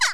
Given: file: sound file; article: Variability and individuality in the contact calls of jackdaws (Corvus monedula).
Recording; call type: jackdaw call; harmonic